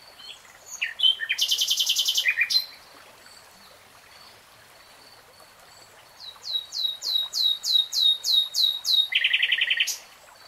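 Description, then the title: Nightingale song: a loud buzzy rattling phrase, a pause, then a run of about ten rapid rising whistled notes ending in a dry churring trill. "[Tiếng chim hót] 3 Hours REALTIME Nightingale Singing"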